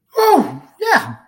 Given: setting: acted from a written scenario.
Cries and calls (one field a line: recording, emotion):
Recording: vocal sound without words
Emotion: triumph